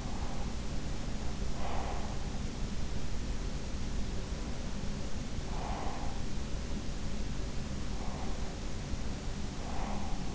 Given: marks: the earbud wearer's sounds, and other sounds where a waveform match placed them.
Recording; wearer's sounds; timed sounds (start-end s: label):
sounds in sleep by an in-ear microphone; breath
0.00-0.75 s: breath
1.40-2.29 s: breath
5.43-6.32 s: breath
9.55-10.35 s: breath